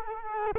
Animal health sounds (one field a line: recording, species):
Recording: mosquito wingbeat signal from an infrared sensor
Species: Culex quinquefasciatus